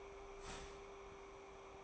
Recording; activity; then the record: daily activity, microphone in the room; start toaster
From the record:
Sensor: 1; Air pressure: 1014.7 hPa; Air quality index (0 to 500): 197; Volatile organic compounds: 31 ppm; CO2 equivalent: 2989 ppm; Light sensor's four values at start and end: 4/9/3/3 and 4/9/3/3